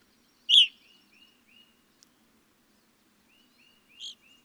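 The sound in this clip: Evening grosbeak giving one loud, sharp chirp, then soft short whistles, and a second, quieter call near the end.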